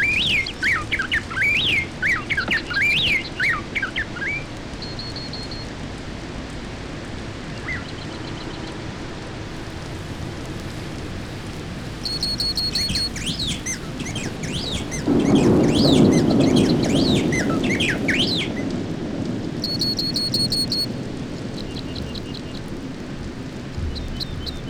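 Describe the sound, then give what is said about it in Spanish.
A wren calls from deep within grassland in bursts of rapid, high, wavering trills and sharp repeated chirps, separated by a quieter pause, while a low rolling rumble of thunder swells beneath the later calls. “La ratona aterrizada nos llama desde lo hondo del pastizal.”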